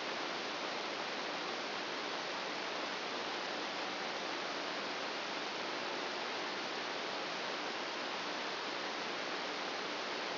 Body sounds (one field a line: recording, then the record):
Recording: brain microelectrode recording played as sound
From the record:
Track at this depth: outside the subthalamic nucleus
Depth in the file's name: -1.309 mm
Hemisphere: right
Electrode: 2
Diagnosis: Parkinson's disease